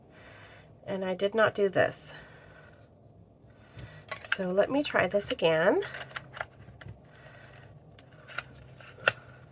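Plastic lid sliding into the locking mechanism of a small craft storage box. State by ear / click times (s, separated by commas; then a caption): seated / 9.1 s. A woman talks, then slides the plastic lid of a small craft storage box into its little locking mechanism after realizing it was not locked properly. Small plastic clicks and taps follow. A loud sharp snap at 9.1 s is the latch locking the lid into place.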